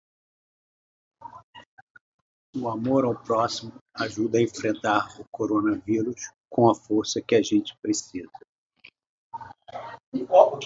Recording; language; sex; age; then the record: spoken sentence; Brazilian Portuguese; male; 50 to 59 years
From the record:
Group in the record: control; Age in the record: 56 years